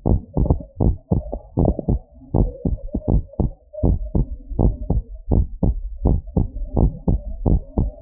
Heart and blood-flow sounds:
heart sounds
0.00	0.11	diastole
0.11	0.21	S1
0.21	0.41	systole
0.41	0.57	S2
0.57	0.85	diastole
0.85	0.97	S1
0.97	1.17	systole
1.17	1.27	S2
1.27	1.59	diastole
1.59	1.75	S1
1.75	1.93	systole
1.93	2.01	S2
2.01	2.35	diastole
2.35	2.49	S1
2.49	2.71	systole
2.71	2.79	S2
2.79	3.09	diastole
3.09	3.23	S1
3.23	3.45	systole
3.45	3.53	S2
3.53	3.83	diastole
3.83	3.97	S1
3.97	4.15	systole
4.15	4.27	S2
4.27	4.59	diastole
4.59	4.75	S1
4.75	4.91	systole
4.91	5.03	S2
5.03	5.31	diastole
5.31	5.45	S1
5.45	5.63	systole
5.63	5.75	S2
5.75	6.05	diastole
6.05	6.19	S1
6.19	6.37	systole
6.37	6.47	S2
6.47	6.77	diastole
6.77	6.91	S1
6.91	7.09	systole
7.09	7.21	S2
7.21	7.47	diastole
7.47	7.61	S1
7.61	7.79	systole
7.79	7.89	S2
7.89	8.02	diastole
From the record:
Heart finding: normal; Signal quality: good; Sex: female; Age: 58 years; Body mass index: 27.5

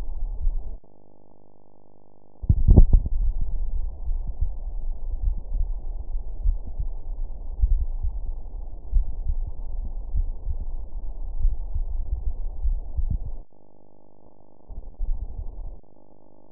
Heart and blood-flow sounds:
heart sounds
0.00	0.42	diastole
0.42	0.54	S1
0.54	0.70	systole
0.70	0.78	S2
0.78	1.58	diastole
1.58	1.66	S1
1.66	1.86	systole
1.86	1.94	S2
1.94	2.72	diastole
2.72	2.90	S1
2.90	3.16	systole
3.16	3.32	S2
3.32	4.06	diastole
4.06	4.20	S1
4.20	4.40	systole
4.40	4.52	S2
4.52	5.24	diastole
5.24	5.38	S1
5.38	5.54	systole
5.54	5.68	S2
5.68	6.44	diastole
6.44	6.58	S1
6.58	6.80	systole
6.80	6.90	S2
6.90	7.68	diastole
7.68	7.86	S1
7.86	8.04	systole
8.04	8.14	S2
8.14	8.94	diastole
8.94	9.06	S1
9.06	9.28	systole
9.28	9.38	S2
9.38	10.14	diastole
10.14	10.28	S1
10.28	10.48	systole
10.48	10.58	S2
10.58	11.42	diastole
11.42	11.56	S1
11.56	11.76	systole
11.76	11.88	S2
11.88	12.64	diastole
12.64	12.80	S1
12.80	12.98	systole
12.98	13.10	S2
13.10	13.92	diastole
13.92	14.00	S1
14.00	14.20	systole
14.20	14.28	S2
14.28	15.10	diastole
15.10	15.22	S1
15.22	15.46	systole
15.46	15.56	S2
15.56	16.52	diastole
From the record:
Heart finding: coronary artery disease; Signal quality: good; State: rest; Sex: male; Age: 53 years

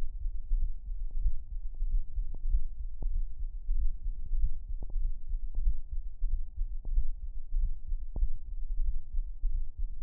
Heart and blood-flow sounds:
heart sounds
0.00	0.04	S1
0.04	0.22	systole
0.22	0.32	S2
0.32	0.52	diastole
0.52	0.68	S1
0.68	0.88	systole
0.88	0.98	S2
0.98	1.20	diastole
1.20	1.34	S1
1.34	1.50	systole
1.50	1.60	S2
1.60	1.82	diastole
1.82	2.00	S1
2.00	2.16	systole
2.16	2.26	S2
2.26	2.48	diastole
2.48	2.62	S1
2.62	2.80	systole
2.80	2.90	S2
2.90	3.12	diastole
3.12	3.24	S1
3.24	3.42	systole
3.42	3.50	S2
3.50	3.70	diastole
3.70	3.88	S1
3.88	4.04	systole
4.04	4.14	S2
4.14	4.36	diastole
4.36	4.52	S1
4.52	4.68	systole
4.68	4.76	S2
4.76	4.96	diastole
4.96	5.12	S1
5.12	5.30	systole
5.30	5.40	S2
5.40	5.58	diastole
5.58	5.74	S1
5.74	5.94	systole
5.94	6.02	S2
6.02	6.24	diastole
6.24	6.40	S1
6.40	6.58	systole
6.58	6.68	S2
6.68	6.92	diastole
6.92	7.06	S1
7.06	7.24	systole
7.24	7.32	S2
7.32	7.54	diastole
7.54	7.70	S1
7.70	7.88	systole
7.88	7.98	S2
7.98	8.20	diastole
8.20	8.30	S1
8.30	8.48	systole
8.48	8.56	S2
8.56	8.78	diastole
8.78	8.94	S1
8.94	9.14	systole
9.14	9.24	S2
9.24	9.44	diastole
9.44	9.60	S1
9.60	9.78	systole
9.78	9.88	S2
9.88	10.04	diastole
From the record:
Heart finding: mitral regurgitation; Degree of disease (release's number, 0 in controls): 3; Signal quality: good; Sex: female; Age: 63 years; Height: 1.55 m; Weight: 75 kg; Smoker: no

